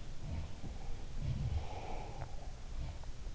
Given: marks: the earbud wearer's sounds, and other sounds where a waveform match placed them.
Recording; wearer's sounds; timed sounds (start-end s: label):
sounds in sleep by an in-ear microphone; swallowing
0.00-3.35 s: sound from someone else or the room
2.07-3.03 s: swallowing